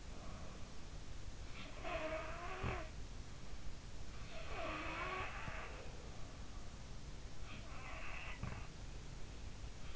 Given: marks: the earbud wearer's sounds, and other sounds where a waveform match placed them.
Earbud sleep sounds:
sounds in sleep by an in-ear microphone; breath
0.00-0.79 s: breath
1.52-2.85 s: sound from someone else or the room
4.36-5.92 s: sound from someone else or the room
7.36-8.71 s: sound from someone else or the room

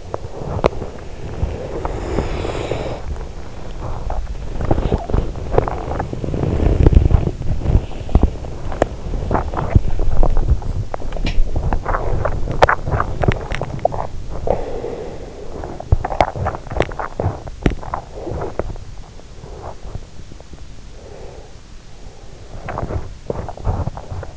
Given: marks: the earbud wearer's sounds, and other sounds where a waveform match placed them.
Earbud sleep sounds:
sounds in sleep by an in-ear microphone; body movement, breath
0.00-24.37 s: body movement
20.57-22.01 s: breath

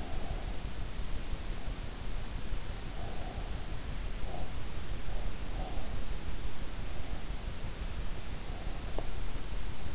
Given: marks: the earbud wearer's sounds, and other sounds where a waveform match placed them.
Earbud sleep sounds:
sounds in sleep by an in-ear microphone; breath
0.00-0.72 s: breath

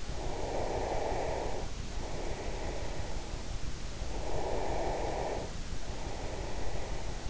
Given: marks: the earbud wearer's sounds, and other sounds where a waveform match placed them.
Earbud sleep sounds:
sounds in sleep by an in-ear microphone; breath
0.02-3.44 s: breath
4.05-7.29 s: breath

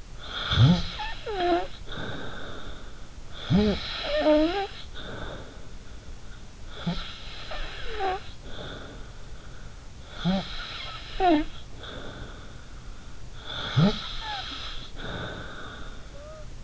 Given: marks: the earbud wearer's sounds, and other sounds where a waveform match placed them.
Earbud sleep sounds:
sounds in sleep by an in-ear microphone; snoring breath
0.16-2.92 s: snoring breath
3.36-5.82 s: snoring breath
6.68-9.15 s: snoring breath
10.13-12.58 s: snoring breath
13.46-16.48 s: snoring breath

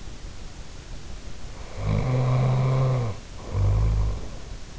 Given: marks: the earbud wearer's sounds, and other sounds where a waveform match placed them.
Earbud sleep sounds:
sounds in sleep by an in-ear microphone; snoring breath
1.44-4.50 s: snoring breath

